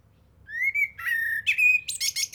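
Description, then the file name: Eurasian blackbird song: a short phrase of smooth mellow whistles followed by a burst of high, scratchy twittering. "Turdus merula"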